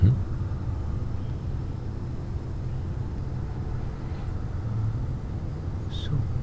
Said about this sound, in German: Jetzt hörst du ein bisschen Verkehr.